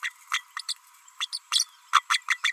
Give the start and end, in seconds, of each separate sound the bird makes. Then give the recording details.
0.02-0.10, 0.32-0.43, 0.56-0.61, 0.68-0.73, 1.20-1.27, 1.32-1.39, 1.51-1.65, 1.93-2.02, 2.09-2.21, 2.30-2.38, 2.43-2.51. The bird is a female. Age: 32 days. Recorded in a nest box in Venezuela. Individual 17B32A5